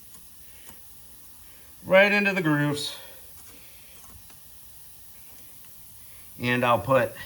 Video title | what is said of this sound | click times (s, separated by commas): Replace brakes on Dodge Caliber | here we go now we got our new hardware that came with our brake pads and these are just going to snap right in here | 0.7 s